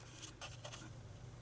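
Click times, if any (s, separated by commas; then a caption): none. A small data board is being slid toward its connector on the motherboard of an Acer Aspire 5 A515-45 laptop, giving short scraping and handling noises over a steady low hum, with the sharpest tap at about 0.6 s. Nothing has seated or clicked into place yet.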